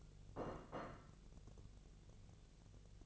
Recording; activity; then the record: daily activity, microphone in the room; place plate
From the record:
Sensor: 4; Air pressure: 1001.0 hPa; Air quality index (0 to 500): 144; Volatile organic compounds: 2 ppm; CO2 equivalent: 1060 ppm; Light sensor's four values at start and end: 26/64/26/28 and 26/64/26/28